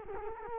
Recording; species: mosquito wingbeat signal from an infrared sensor; Culex quinquefasciatus